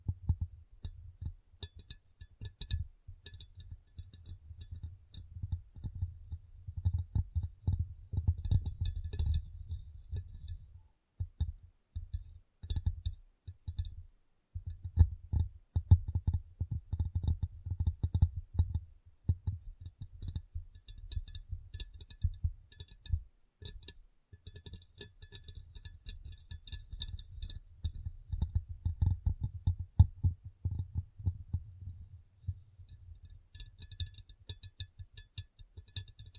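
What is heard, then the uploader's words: Tapping and cleaning on a glass brain: dense bursts of quick taps and clicks with a dull low thud under them, plus thin bright ticks above. The activity comes in clusters, with brief pauses near 11, 14 and 24 seconds. ASMR Glass Brain Tapping & Cleaning (No Talking).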